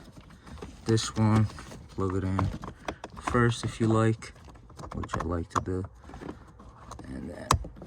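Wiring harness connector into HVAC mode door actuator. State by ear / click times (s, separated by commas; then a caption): seated / 7.5 s. Someone talks while plugging the wiring-harness connector into the plastic HVAC mode door actuator during a mode door actuator replacement on a 2009 Acura RDX. A few small taps and handling noises come at the end, then a sharp click at 7.5 s as the connector latches and seats onto the actuator.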